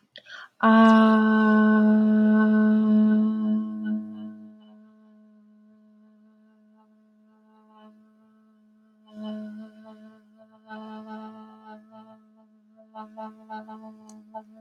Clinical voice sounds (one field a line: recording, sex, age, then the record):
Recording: vowel held as long as possible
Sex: female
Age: 20 to 29 years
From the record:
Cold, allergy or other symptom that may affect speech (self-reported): no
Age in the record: 24 years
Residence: New York, United States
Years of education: 17